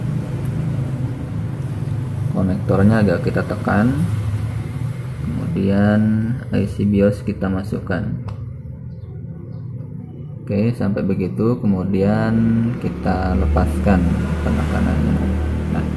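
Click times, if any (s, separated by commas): none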